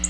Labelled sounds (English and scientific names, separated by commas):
Black-throated Blue Warbler (Setophaga caerulescens) flight call